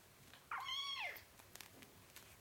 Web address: BBC Cats Mewing. four week old kitten mewing and drinking milk from bottle